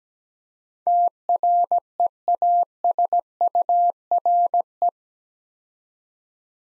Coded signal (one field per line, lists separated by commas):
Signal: Morse code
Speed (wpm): 17 wpm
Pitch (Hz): 700 Hz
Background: none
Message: TREASURE